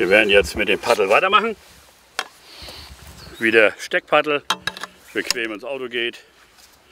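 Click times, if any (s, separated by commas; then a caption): none. A sectional aluminium paddle section is being handled for pushing into the paddle shaft, part of assembling a Savage Gear Bellyboat Highrider 170. Someone talks throughout, with a short sharp knock at 2.2 s. Nothing has seated or clicked yet.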